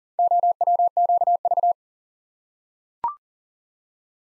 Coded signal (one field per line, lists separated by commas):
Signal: Morse code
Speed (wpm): 40 wpm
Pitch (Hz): 700 Hz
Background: none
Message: OWQV